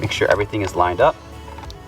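Someone talks while a plug-and-play wiring harness with a lever-lock connector is lined up with a car control module during a Display Key retrofit with remote start in an F30 BMW. After the talk stops, a short sharp sound occurs near 1.7 s. The connector is only being handled, and nothing has seated or clicked into place yet.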